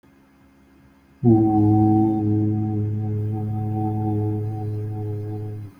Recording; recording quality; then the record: sustained vowel as in boot; excellent, no background noise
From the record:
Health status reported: healthy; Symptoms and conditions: none ticked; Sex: male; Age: 45 years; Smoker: not ticked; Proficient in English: yes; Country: India